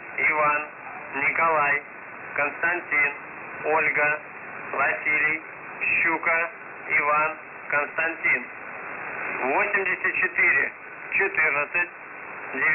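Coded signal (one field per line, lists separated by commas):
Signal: coded military voice message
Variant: UVB-76, Russian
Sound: a voice reading short words in bursts with brief pauses over a radio channel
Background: radio static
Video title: Uvb 76/ The buzzer voice message January 5, 2022 12:34 UTC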